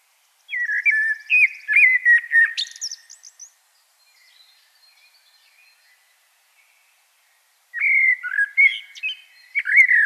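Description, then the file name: Common blackbird song: a low, mellow fluted phrase ending in high squeaky twittering. A long pause follows, then another warbled phrase begins. "Turdus merula"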